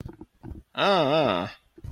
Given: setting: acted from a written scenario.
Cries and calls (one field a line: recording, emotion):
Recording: vocal sound without words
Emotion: confusion